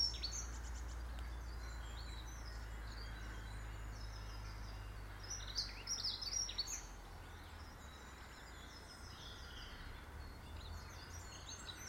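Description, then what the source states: Bird song: intermittent high chirps and short trills over a low rumble that weakens partway through. Birds in a garden.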